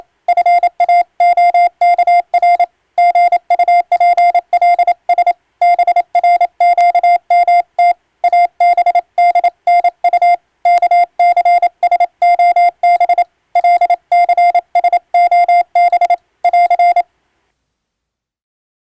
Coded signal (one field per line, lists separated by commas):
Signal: Morse code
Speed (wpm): 27 wpm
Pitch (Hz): 700 Hz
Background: none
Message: FAOKR GUPLS BRQMT ABDNU KCSOB LCSOB <AR>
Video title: 【船舶無線通信士】昔懐かしい船舶通信士がエレキーで打つ欧文無線電報！無線通信士の国家試験の練習風景です。令和の今でも電気通信術と言うモールスの実技試験があります。morse code practice